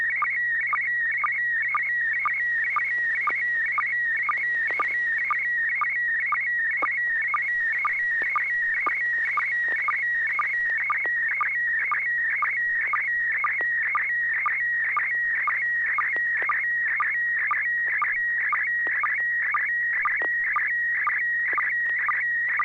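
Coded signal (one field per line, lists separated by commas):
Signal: SSTV (slow-scan television)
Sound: warbling tone with steady rhythmic chirps about twice a second, continuous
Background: low hum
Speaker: uh well that came through very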